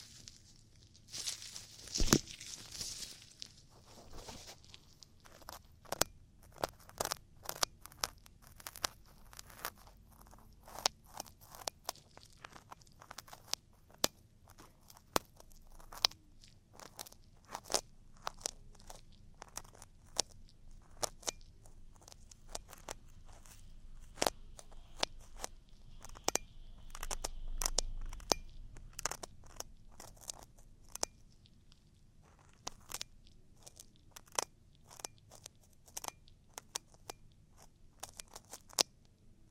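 Ear cleaning sounds: dense, irregular crackles and sharp clicks scatter throughout, over a faint steady hiss, with a low rumble near 28 seconds.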